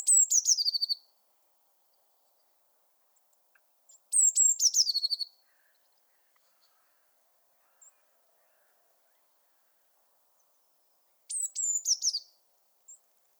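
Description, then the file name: Eurasian blue tit producing three separate bursts of sharp high notes that drop into a fast, dwindling trill, with long quiet gaps between them. "Cyanistes caeruleus"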